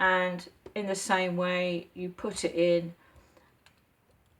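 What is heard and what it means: A scoring tool tip is handled at the end of a craft pick tool handle, ready to be pushed in and twisted to lock. Someone talks for the first three seconds, then quiet handling follows with two faint taps near 3.4 and 3.7 seconds. Nothing has seated or clicked yet.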